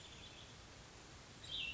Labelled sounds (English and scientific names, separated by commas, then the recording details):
Cassin's Vireo (Vireo cassinii)
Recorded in Sonoma County, California